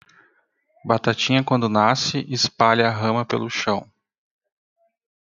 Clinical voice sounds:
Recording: short text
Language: Brazilian Portuguese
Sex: male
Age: 30 to 39 years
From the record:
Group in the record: control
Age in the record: 38 years

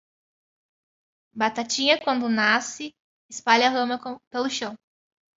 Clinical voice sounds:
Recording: short text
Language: Brazilian Portuguese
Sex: female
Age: 30 to 39 years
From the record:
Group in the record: control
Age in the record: 32 years

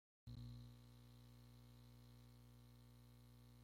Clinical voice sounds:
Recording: short text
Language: Brazilian Portuguese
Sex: male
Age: 30 to 39 years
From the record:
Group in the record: control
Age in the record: 32 years

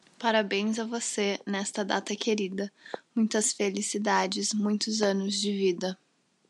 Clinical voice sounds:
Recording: short text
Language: Brazilian Portuguese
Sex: female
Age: 20 to 29 years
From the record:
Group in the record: control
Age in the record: 24 years

